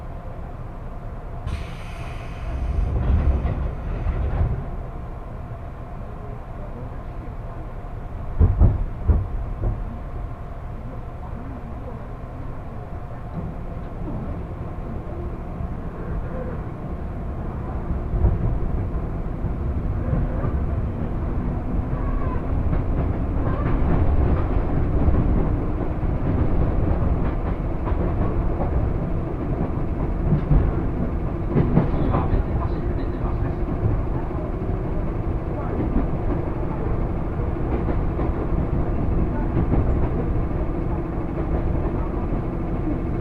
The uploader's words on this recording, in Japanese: 耳で楽しむ鉄道旅 南武線・南武支線・鶴見線。